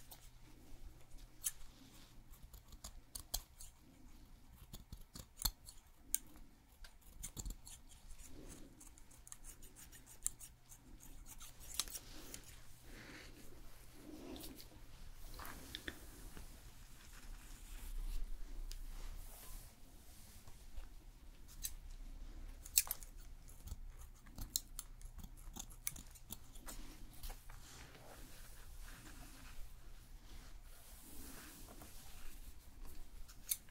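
Scissors snip through hair in a hair salon, with quick, irregular clicks scattered across the whole stretch. A low steady hum runs underneath until about 31 seconds, while soft muffled voices and rustling come and go, growing slightly busier in the middle.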